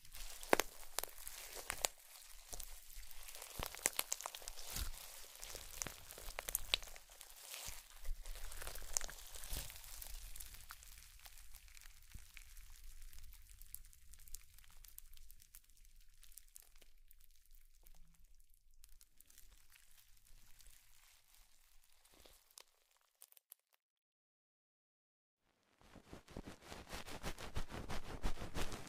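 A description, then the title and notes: Slime being squished and stretched makes dense, crackling, crinkly sounds that come in quick bursts for the first half, then thin out into quieter, sparser pops. Around 23 seconds everything drops to silence for a few seconds before a burst of bright crackling returns. Slime Sounds.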